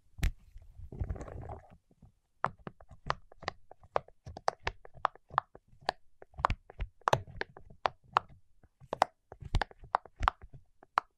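Wax-coated fingertips tap and knock in quick, uneven bursts, each hit short, sharp and crisp with a dull thud beneath it. Near the start comes a second of rubbing or rustling. After a pause around two seconds, the taps return in irregular clusters until the end.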